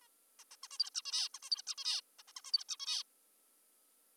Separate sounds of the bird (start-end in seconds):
0.02-0.08, 0.39-0.44, 0.51-0.56, 0.64-0.68, 0.71-0.78, 0.79-0.90, 0.95-1.02, 1.05-1.29, 1.34-1.39, 1.43-1.50, 1.51-1.62, 1.67-1.75, 1.78-2.01, 2.19-2.23, 2.28-2.32, 2.37-2.42, 2.45-2.52, 2.53-2.64, 2.69-2.76, 2.80-3.03